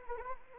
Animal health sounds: mosquito wingbeat signal from an infrared sensor; Anopheles arabiensis

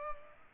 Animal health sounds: mosquito wingbeat signal from an infrared sensor; Culex pipiens

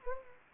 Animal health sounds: mosquito wingbeat signal from an infrared sensor; Anopheles gambiae

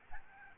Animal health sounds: mosquito wingbeat signal from an infrared sensor; Aedes albopictus

